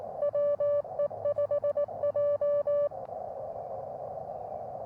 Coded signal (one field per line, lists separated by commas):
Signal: Morse code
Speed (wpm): 18 wpm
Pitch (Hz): 590 Hz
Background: none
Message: WE5J